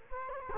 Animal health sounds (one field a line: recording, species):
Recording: mosquito wingbeat signal from an infrared sensor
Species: Culex quinquefasciatus